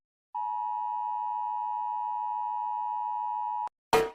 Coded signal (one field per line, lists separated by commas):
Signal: Emergency Alert System (SAME) tones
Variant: 853 and 960 Hz attention tone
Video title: People are rating EAS alarms, so I decided to rate them too (TW: ALARMS)